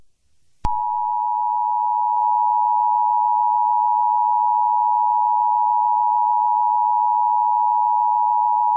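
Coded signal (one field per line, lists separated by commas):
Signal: Emergency Alert System (SAME) tones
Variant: 853 and 960 Hz attention tone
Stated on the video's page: Simulated EAS scenario for a fictional Arctic tsunami.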